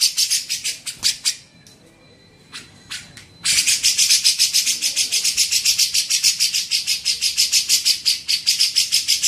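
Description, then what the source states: Grey-cheeked bulbul chattering: a few bursts of harsh, buzzy high notes, a pause with scattered notes, then a long fast run. Used for training songbirds (masteran).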